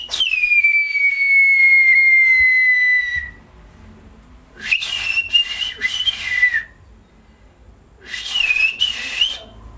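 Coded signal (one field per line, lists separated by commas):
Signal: whistled language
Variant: Turkish Kuş dili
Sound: loud sustained falling whistle, then two short warbling whistled phrases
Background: outdoor breathy noise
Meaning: A villager calls someone to come here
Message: Buraya gel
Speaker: Şimdi birine çağıracağım, telefon olmayınca ışıklıyla ulaşıyorduk.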